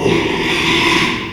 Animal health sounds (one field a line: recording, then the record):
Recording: squeal of a Yucatan mini pig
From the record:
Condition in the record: after surgery on the right vocal fold (resection and tissue-engineered implant)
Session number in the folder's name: 1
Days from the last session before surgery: 6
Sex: male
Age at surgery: 12 weeks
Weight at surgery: 13 kg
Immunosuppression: cyclosporine, prednisolone